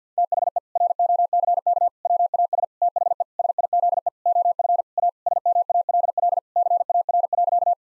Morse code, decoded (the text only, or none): THE ROCK WAS THE SIZE OF A SMALL CAR.